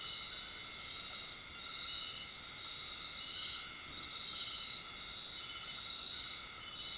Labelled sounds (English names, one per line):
none